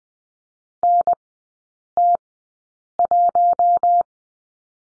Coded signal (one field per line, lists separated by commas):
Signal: Morse code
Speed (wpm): 20 wpm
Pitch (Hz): 700 Hz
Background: none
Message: NT1